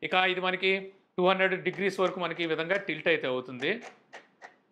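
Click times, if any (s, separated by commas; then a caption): 4.5 s. Someone talks while tilting the Zebronics PixaPlay 73 projector body on its plastic stand, up to about 200 degrees. A short soft click at 4.4 s marks the tilt hinge locking, and the projector holds in position.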